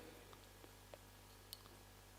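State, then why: Seated. The red grip ring on a dry-powder inhaler body is twisted in one direction to activate it, with a few faint ticks before one sharp click at 1.5 s over a steady low hum. The grip seats at that first click, so the inhaler is activated.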